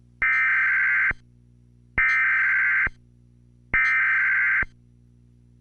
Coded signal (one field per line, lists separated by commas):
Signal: Emergency Alert System (SAME) tones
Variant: header bursts